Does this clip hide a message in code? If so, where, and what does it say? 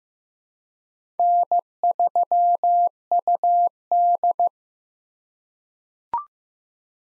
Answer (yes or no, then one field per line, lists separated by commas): yes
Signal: Morse code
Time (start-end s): 1.2-4.5 s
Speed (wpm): 16 wpm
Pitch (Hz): 700 Hz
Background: none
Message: N3UD